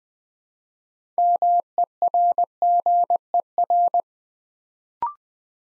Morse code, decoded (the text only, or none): MERGER